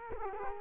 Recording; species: mosquito wingbeat signal from an infrared sensor; Culex quinquefasciatus